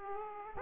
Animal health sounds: mosquito wingbeat signal from an infrared sensor; Aedes aegypti

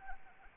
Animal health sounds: mosquito wingbeat signal from an infrared sensor; Anopheles arabiensis

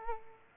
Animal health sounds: mosquito wingbeat signal from an infrared sensor; Aedes aegypti

